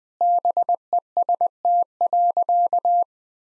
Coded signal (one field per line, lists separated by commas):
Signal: Morse code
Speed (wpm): 20 wpm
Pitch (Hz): 700 Hz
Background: none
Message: BEST.